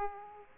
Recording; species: mosquito wingbeat signal from an infrared sensor; Aedes aegypti